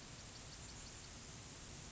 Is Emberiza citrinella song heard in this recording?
no